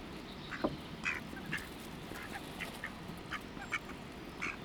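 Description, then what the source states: Ducks giving short, scattered quacks at irregular intervals against a steady background hiss. Ducks being fed; one duck getting her way.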